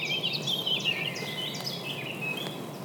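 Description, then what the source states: Eurasian blackcap song, a hurried babbling warble of quick high notes rising and falling, running on steadily with a soft background hiss. A second blackcap, singing a babbling song during a walk.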